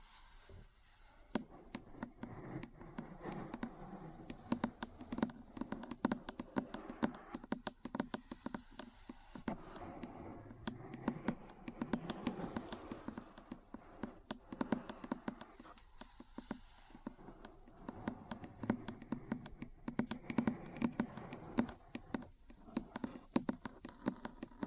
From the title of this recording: Metal Parts Tapping & Scratching